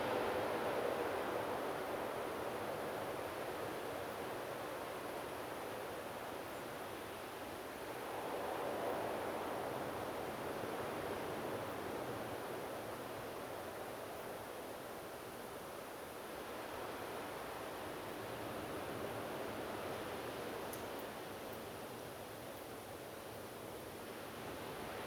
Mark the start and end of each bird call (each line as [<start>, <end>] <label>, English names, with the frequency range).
[6.51, 6.61] European Robin (7.1-7.3 kHz)